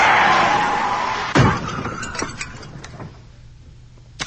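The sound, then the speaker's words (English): A car wreck sound effect: a rushing roar builds into one loud crunching impact, followed by scattered clanks and rattling debris, then a final sharp thump. “Could you possibly take me out with a car wreck?”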